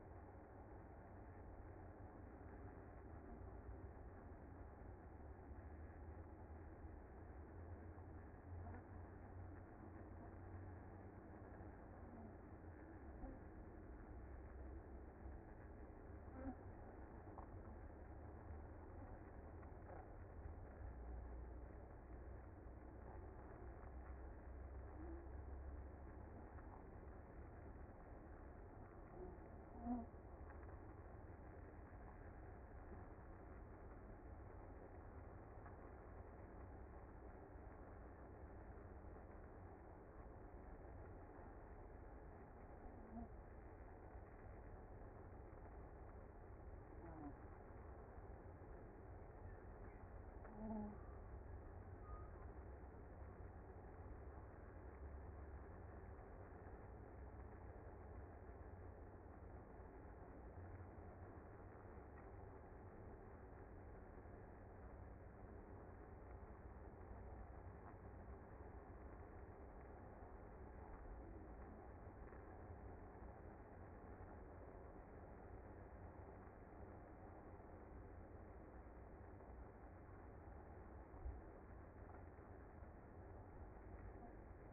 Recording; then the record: honeybee colony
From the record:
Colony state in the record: active